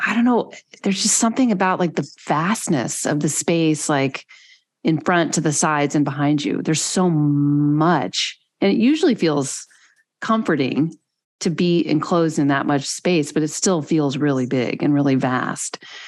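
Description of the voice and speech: A woman speaks conversationally in a quiet room, with a mid-pitched, clear voice and natural rises and falls. She pauses to think at phrase breaks and stretches a few words, such as 'so much' and 'vast.' The speech is fluent and ordinary, with no sign of a voice or speech disorder.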